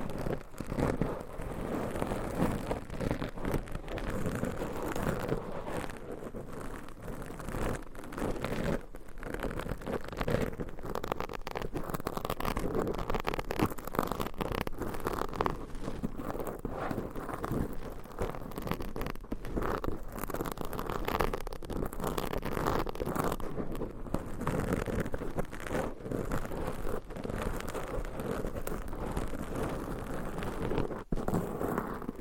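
Mic scratching in layers fills all thirty-two seconds with a dense, rough scraping texture that never lets up. The sound is mostly low and mid-range rustle, thick and grainy, with frequent sharp clicks and brief dropouts scattered throughout, loudest near thirty-one seconds.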